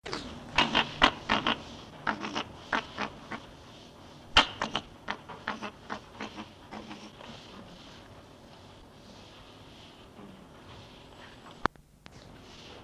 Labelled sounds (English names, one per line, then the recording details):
Fennec Fox defence call
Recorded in captivity
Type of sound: defence call
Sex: male
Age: adult
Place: Tierpark Berlin, Berlin, DE
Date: 1966-10-19
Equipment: Englisches Reportergerät, Kopie Qualiton
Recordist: Altmann, Dagmar